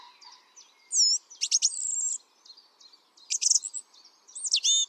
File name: Pevchij drozd - Pesnya pevchego drozda